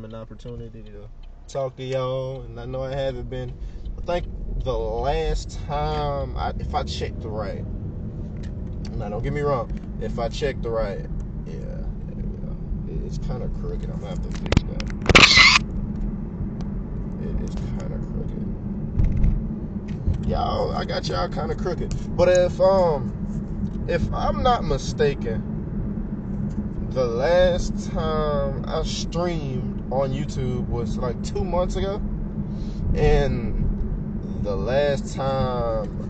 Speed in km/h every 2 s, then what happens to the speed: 2, 5, 19, 31, 34, 40, 44, 47, 50, 52, 52, 50, 53, 55, 53, 53, 53, 52.
0-16 pulls away to 50. 16-36 steady at about 52.